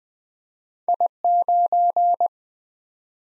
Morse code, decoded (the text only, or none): I9